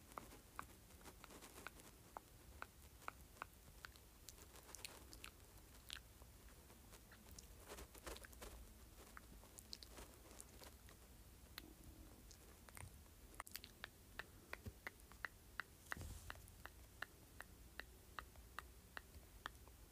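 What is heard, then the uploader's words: Mouth sounds fill the stretch: quick wet clicks and smacks scattered irregularly throughout, a few every second, with a low murmur underneath. The clicks come in uneven clusters, and a thicker burst arrives around sixteen seconds, resembling chewing and biting. ASMR Various Mouth Sounds.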